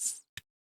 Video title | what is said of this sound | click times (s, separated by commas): Cutter Bee and Beaditive Perscision Scissors - 2 favorites head to heat! Complete Review | really hear that click and | 0.4 s